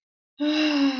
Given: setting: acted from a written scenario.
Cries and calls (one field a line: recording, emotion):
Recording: vocal sound without words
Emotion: ecstasy